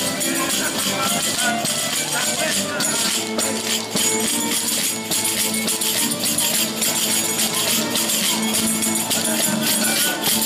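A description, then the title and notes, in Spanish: Parranda dance music plays steadily and densely, with bright jingling percussion, sustained tones and a voice woven through all ten seconds. Baile de parrandas.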